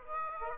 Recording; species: mosquito wingbeat signal from an infrared sensor; Aedes aegypti